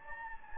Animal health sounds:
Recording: mosquito wingbeat signal from an infrared sensor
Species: Anopheles gambiae

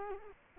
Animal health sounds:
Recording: mosquito wingbeat signal from an infrared sensor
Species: Culex quinquefasciatus

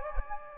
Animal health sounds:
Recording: mosquito wingbeat signal from an infrared sensor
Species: Anopheles gambiae

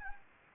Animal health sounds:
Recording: mosquito wingbeat signal from an infrared sensor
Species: Anopheles gambiae

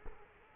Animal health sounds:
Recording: mosquito wingbeat signal from an infrared sensor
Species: Culex quinquefasciatus

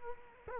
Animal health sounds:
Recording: mosquito wingbeat signal from an infrared sensor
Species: Culex quinquefasciatus

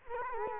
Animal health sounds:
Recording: mosquito wingbeat signal from an infrared sensor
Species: Culex quinquefasciatus

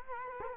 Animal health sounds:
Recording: mosquito wingbeat signal from an infrared sensor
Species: Culex quinquefasciatus

